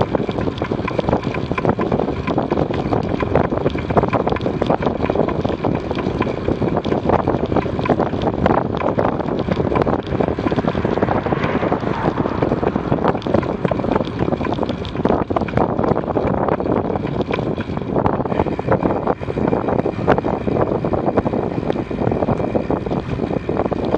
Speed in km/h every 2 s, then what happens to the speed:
35, 34, 32, 31, 29, 31, 26, 27, 23, 23, 22, 20.
0-8 slows to 29. 11-24 slows to 20.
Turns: none.